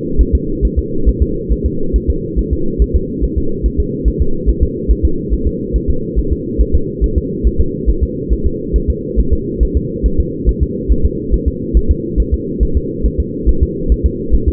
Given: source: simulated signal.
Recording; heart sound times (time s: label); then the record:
fetal heart sounds
0.21 s: S1
0.35 s: S2
0.65 s: S1
0.79 s: S2
1.09 s: S1
1.22 s: S2
1.52 s: S1
1.66 s: S2
1.96 s: S1
2.10 s: S2
2.39 s: S1
2.53 s: S2
2.82 s: S1
2.96 s: S2
3.24 s: S1
3.38 s: S2
3.66 s: S1
3.80 s: S2
4.08 s: S1
4.21 s: S2
4.49 s: S1
4.63 s: S2
4.91 s: S1
5.05 s: S2
5.34 s: S1
5.47 s: S2
5.76 s: S1
5.90 s: S2
6.19 s: S1
6.32 s: S2
6.61 s: S1
6.75 s: S2
7.04 s: S1
7.18 s: S2
7.47 s: S1
7.61 s: S2
7.90 s: S1
8.03 s: S2
8.33 s: S1
8.46 s: S2
8.76 s: S1
8.90 s: S2
9.20 s: S1
9.33 s: S2
9.63 s: S1
9.77 s: S2
10.06 s: S1
10.20 s: S2
10.49 s: S1
10.63 s: S2
10.92 s: S1
11.05 s: S2
11.34 s: S1
11.48 s: S2
11.77 s: S1
11.91 s: S2
12.20 s: S1
12.34 s: S2
12.63 s: S1
12.77 s: S2
13.06 s: S1
13.20 s: S2
13.49 s: S1
13.63 s: S2
13.92 s: S1
14.06 s: S2
14.35 s: S1
14.48 s: S2
From the record:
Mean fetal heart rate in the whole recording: 140 bpm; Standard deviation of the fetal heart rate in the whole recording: 2 bpm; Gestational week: 34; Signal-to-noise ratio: -8.1 dB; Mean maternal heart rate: 72 bpm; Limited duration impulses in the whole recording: absent